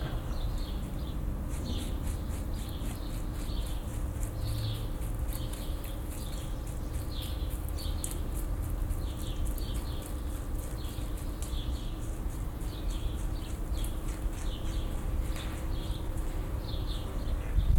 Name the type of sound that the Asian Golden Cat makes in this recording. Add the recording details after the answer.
call. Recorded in captivity. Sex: male. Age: adult. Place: Zoo Dresden, Sachsen, DE. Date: 1995-05-17 15:13. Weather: bedeckt, 12°C. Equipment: Marantz CP 430, Sennheiser ME 80, Kopie Uher 4000 Report Monitor. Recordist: Tembrock, Günter